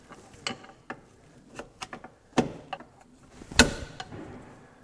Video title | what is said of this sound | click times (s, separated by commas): Triumph TR6 Recommission Project - Rear Brakes | We've heard it click into position | 3.6 s